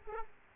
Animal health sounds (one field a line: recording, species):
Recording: mosquito wingbeat signal from an infrared sensor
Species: Aedes aegypti